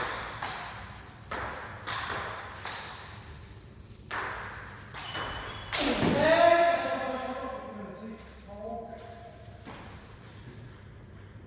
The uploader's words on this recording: Friendly table tennis match. Often in the table tennis hall, I like to make recordings during training. We have a friendly match in the hall.